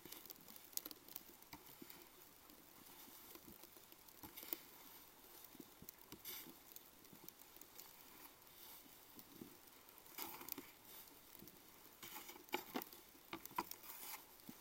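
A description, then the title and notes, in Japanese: Water runs along a channel in a steady hiss, dotted with frequent small pattering ticks and brief brighter splashes near 4–5, 10 and 12–13 seconds. 夕方16時現在、30㎝ほどの積雪。水路の音、雪もしだいにまたよく降り出してくる。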